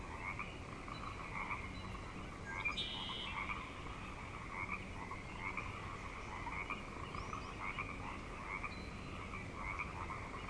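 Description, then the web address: Frog chorus of continuous overlapping croaks and trills, pulsing without pause, with an occasional short high chirp above the din. Frog chorus at Grafton Lake, recorded 3 May 2009. "The Frog Chorus Tunes Up On Grafton Lake frogs 090503"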